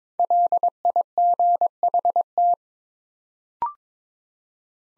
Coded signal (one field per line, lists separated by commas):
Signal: Morse code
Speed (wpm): 22 wpm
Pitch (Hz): 700 Hz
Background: none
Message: LIGHT